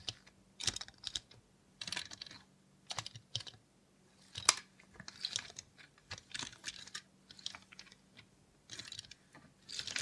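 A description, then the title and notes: A robot hand makes quick, bright clicking taps in irregular clusters, much like typing on a keyboard, with short gaps between bursts. One sharper, louder click lands around the middle. A steady low hum runs underneath the whole time. Try ASMR with a Robot Hand (No Talking).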